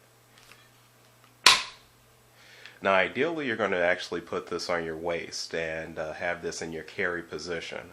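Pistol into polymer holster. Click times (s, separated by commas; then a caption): 1.5 s. An unloaded pistol is slid into a molded polymer Fobus holster, and its retention catches with a sharp, loud click at 1.5 s, so the pistol is seated. After a short quiet stretch, someone talks from about 2.8 s to the end.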